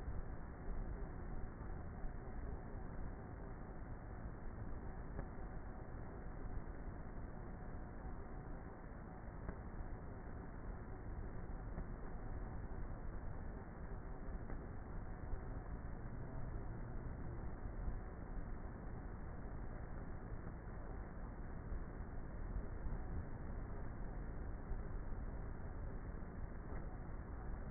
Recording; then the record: honeybee colony, microphone inside the hive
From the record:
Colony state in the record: queenless with a low population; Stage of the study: before two queens were removed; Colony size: about 30,000 bees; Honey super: no